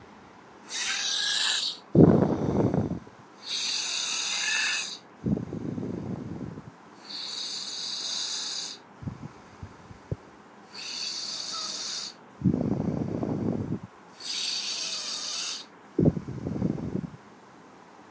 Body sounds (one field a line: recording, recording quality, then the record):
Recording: deep breathing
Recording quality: excellent, no background noise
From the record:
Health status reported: healthy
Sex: male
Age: 28 years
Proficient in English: yes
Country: India